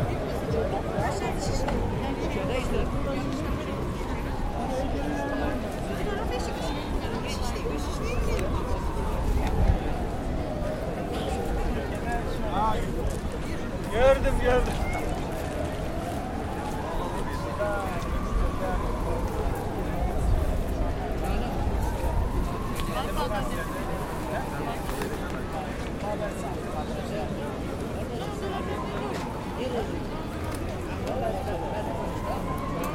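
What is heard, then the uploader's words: Street ambience in Taksim Square, Istanbul, with voices and crowd chatter over a constant low rumble of traffic. Throughout, a wavering tone slowly rises and falls, about every five seconds, like a siren, with occasional sharp knocks. Ambient sound of Taksim Square, Istanbul. Recorded with Zoom H6, using Mid-Side Mic.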